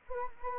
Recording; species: mosquito wingbeat signal from an infrared sensor; Anopheles gambiae